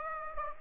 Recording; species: mosquito wingbeat signal from an infrared sensor; Aedes aegypti